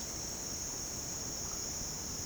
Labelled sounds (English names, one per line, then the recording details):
none
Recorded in dense forest near Puerto Asís, Putumayo, Colombia, on 22 June 2025 at 07:30
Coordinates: 0.486, -76.317
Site G065